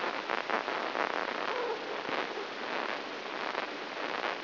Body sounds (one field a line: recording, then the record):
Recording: brain microelectrode recording played as sound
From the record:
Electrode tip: inside the subthalamic nucleus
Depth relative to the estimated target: 1 mm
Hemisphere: right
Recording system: AlphaMap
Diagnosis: Parkinson's disease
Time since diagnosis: 11 years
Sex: male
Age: 66 years